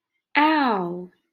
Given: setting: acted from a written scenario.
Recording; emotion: vocal sound without words; pain